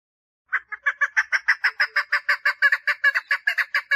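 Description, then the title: Partridge song as a brisk string of raspy notes, steady in pitch throughout. "Perdiz Cantando"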